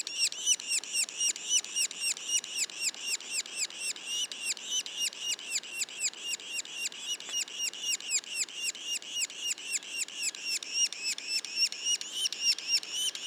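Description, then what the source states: Yellow-bellied sapsucker young giving steady, rapid nasal calls, each a short arched note, repeated about four times a second without pause. Juveniles; Mont-Orford National Park, Quebec.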